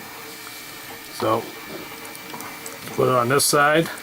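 A modified newest-version belt stay is handled and placed on one side of an FW450 V2 RC helicopter frame, ready to be pressed in, while someone talks over a steady low background hum. Faint handling taps occur around 2.4 and 2.7 seconds. Nothing has seated or clicked yet; the belt stay is not yet locked in.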